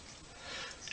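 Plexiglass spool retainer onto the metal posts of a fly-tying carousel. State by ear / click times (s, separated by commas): seated / 0.9 s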